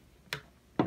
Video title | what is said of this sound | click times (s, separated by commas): HOW TO SET UP THE BEHRINGER U-PHORIA UM2 WITH WINDOWS 10 (Using an AT2020 XLR MIC) | bottom of your until you hear that click or however your cord works so you want to plug it in to | 0.3 s, 0.8 s